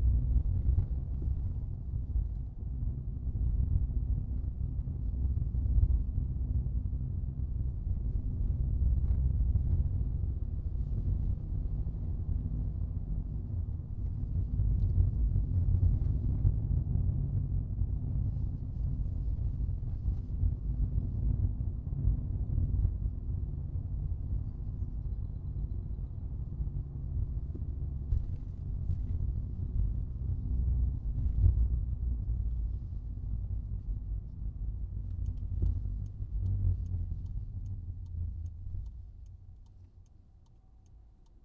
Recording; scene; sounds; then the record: everyday scene through a hearing-aid microphone; in a vehicle; engine, rumble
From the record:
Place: Skoda Fabia, gasoline engine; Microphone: in the ear canal, right